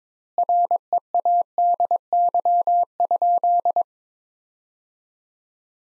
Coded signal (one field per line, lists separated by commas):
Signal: Morse code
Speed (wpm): 22 wpm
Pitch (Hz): 700 Hz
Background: none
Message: READY?